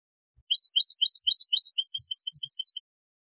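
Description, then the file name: European goldfinch giving a rapid series of high, tinkling chirping notes for about two seconds, changing partway to a different repeated note. "Carduelis carduelis"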